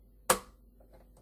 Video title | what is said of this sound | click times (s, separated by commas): How to Thread the Janome 4400 Sewing Machine | line the arm up with that groove and listen it should click in and that means everything is where it should be now | 0.3 s